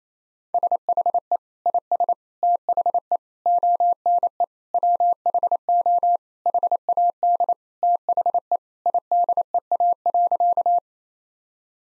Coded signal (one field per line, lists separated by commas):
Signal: Morse code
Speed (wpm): 28 wpm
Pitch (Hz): 700 Hz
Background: none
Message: SHE IS THE ONE WHO HAD THE IDEA.